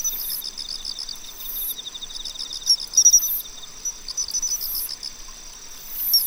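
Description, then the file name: Pine cricket: crisp high chirps over a steady pulsed insect trill, with shrill high bursts recurring. "Matsumushi"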